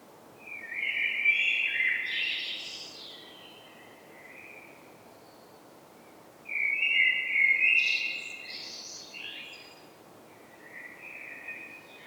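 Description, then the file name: Common blackbird delivering three mellow fluting phrases, the first two ending in high scratchy twitters, over a soft constant hiss. "Turdus merula"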